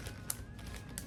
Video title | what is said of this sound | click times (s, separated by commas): Let’s clean my seasoning bin and add leftover veggies to my chicken soup 🍜 | you hear it snap yeah okay so now show everyone that you've bagged it | 0.3 s, 1.0 s